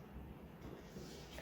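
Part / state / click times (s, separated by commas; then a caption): rubber shifter boot bead into groove on shifter top ring / not seated / none. A rubber shifter boot is handled over a RennShift shifter, ready to be pushed down so its bead snaps into the groove in the shifter's top ring. Only a steady, low rumbling background noise is heard, with no distinct click. The boot has not seated or clicked into place yet.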